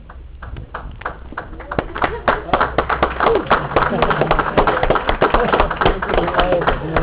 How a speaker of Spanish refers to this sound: Aplausos con duda.